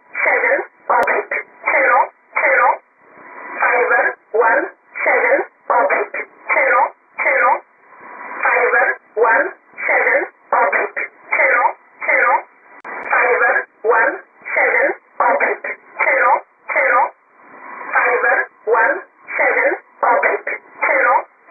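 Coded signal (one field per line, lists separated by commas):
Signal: numbers station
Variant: E11 Oblique, English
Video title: 18 01 2018 E11 Oblique Numbers station in English to Eu 0645 on 7840 unknown tx site in USB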